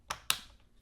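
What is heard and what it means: An optical audio cable plug is pushed into a Fire TV soundbar's optical input and seats. Two sharp clicks sound at 0.1 s and 0.3 s, followed by a faint tick near 0.8 s. No one talks during the clip.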